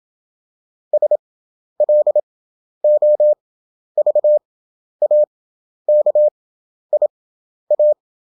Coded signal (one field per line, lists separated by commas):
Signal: Morse code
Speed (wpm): 27 wpm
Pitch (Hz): 600 Hz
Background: none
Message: SLOVAKIA